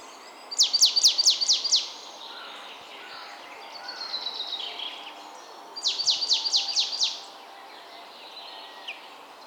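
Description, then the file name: Marsh tit giving two bursts of six rapid, sharp, descending notes about five seconds apart, with softer, lower twittering between them and steady background noise. "Poecile palustris"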